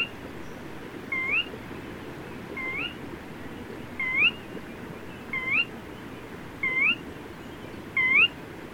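Bird uttering a sharp, rising whistle, six times at intervals of about 1.4 seconds, over a steady hiss.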